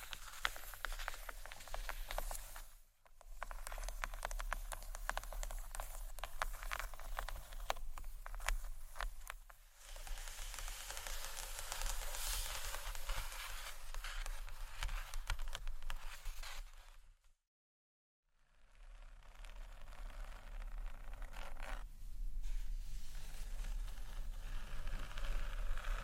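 Gentle scratchy tapping on books, a dense crackly stream of quick scratches with brief pauses near 3 and 10 seconds and a silent gap around 18.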